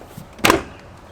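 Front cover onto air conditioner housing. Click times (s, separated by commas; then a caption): 0.5 s. The plastic front cover of a Pelonis portable air conditioner is pushed in at the bottom against the housing until it snaps into place. A sharp plastic snap lands at 0.45 s, followed by a second, quieter tick at about 0.50 s, with a faint low bump shortly before. The cover is seated and snapped in place.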